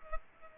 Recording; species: mosquito wingbeat signal from an infrared sensor; Culex pipiens